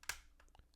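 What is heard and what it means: A pry tool worked along the side edge of an Xbox Elite Series 2 controller pops a plastic faceplate clip free of the shell with a sharp click at 0.1 s. A few fainter ticks follow as the tool shifts, and the clip is released.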